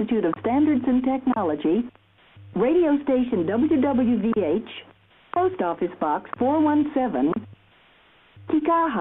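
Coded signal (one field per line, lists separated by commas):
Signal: radio time signal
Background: speech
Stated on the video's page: NIST time station on Kauai, Hawaii, HF broadcasting time signals at 10 kW on 10 and 15 MHz and 5 kW on 2.5 MHz.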